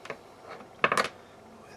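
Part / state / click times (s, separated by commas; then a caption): crimped contact into power connector housing / seated / 0.8 s. A second crimped contact is pushed into the plastic Anderson Powerpole power connector housing for ham radio test equipment, the same way as the first. After a couple of faint ticks near the start, a sharp click at 0.8 s is followed by a few smaller rattling clicks just after. The contact is seated in the housing.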